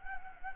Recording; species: mosquito wingbeat signal from an infrared sensor; Anopheles gambiae